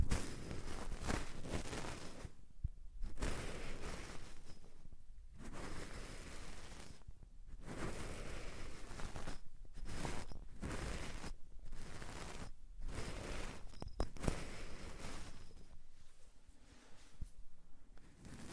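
Deep ear cleaning sounds: dense, crackly scratching and rubbing in steady strokes, broken by brief silent pauses every couple of seconds.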